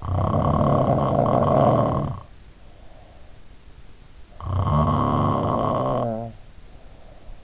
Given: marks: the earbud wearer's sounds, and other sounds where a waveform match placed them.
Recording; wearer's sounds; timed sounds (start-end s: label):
sounds in sleep by an in-ear microphone; snoring breath
0.01-3.67 s: snoring breath
4.30-7.44 s: snoring breath